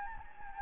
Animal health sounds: mosquito wingbeat signal from an infrared sensor; Anopheles gambiae

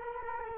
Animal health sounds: mosquito wingbeat signal from an infrared sensor; Culex quinquefasciatus

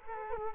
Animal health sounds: mosquito wingbeat signal from an infrared sensor; Culex quinquefasciatus

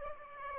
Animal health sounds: mosquito wingbeat signal from an infrared sensor; Aedes aegypti

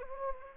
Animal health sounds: mosquito wingbeat signal from an infrared sensor; Anopheles arabiensis

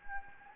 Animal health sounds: mosquito wingbeat signal from an infrared sensor; Anopheles gambiae

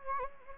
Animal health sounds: mosquito wingbeat signal from an infrared sensor; Anopheles gambiae

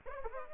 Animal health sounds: mosquito wingbeat signal from an infrared sensor; Aedes aegypti

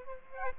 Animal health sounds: mosquito wingbeat signal from an infrared sensor; Aedes aegypti

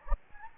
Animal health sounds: mosquito wingbeat signal from an infrared sensor; Anopheles gambiae

